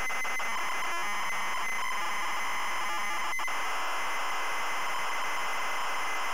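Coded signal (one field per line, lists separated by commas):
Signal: ZX Spectrum tape loading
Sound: harsh continuous buzzing screech of tape data, rough warbling noise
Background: tape hiss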